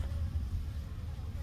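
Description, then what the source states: Honey bees buzzing: a low, steady droning hum, with no other clear sounds. Bees at the new hive in a bee garden, colony installed in March, very active.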